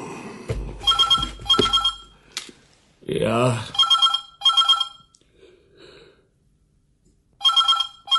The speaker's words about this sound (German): Das Telefon klingelte, laut und unfreundlich. Ich griff mir den Hörer und meldete mich. Das Telefon klingelte immer noch. Ich machte die Augen auf. Was ich mir mit der Hand ans Ohr hielt, war mein Wecker.